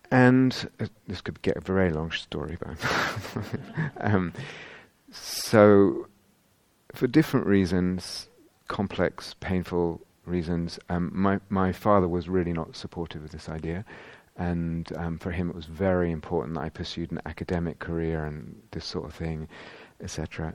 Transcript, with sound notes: This could be a very long story, but... [laughter] So for different reasons -- complex, painful reasons -- my father was really not supportive of this idea, and for him, it was very important that I pursued an academic career and this sort of thing, etc.